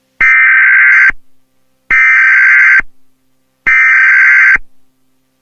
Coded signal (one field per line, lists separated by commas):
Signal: Emergency Alert System (SAME) tones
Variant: header bursts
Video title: EAS scenario: entity mouse